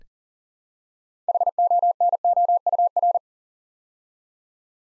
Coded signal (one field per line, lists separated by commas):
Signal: Morse code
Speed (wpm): 42 wpm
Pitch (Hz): 700 Hz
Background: none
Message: HONOUR